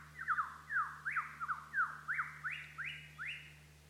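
Lyrebird song, quick repeated whistled sweeps, each slightly different, over a constant low hum.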